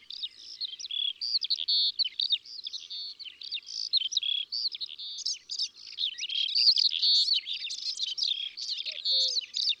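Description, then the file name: Melodious warbler singing continuously, a hurried stream of varied chirps and warbled phrases without pause, high-pitched throughout. Recorded in the countryside. "Hypolais polyglotte Chants doiseaux dans la campagne"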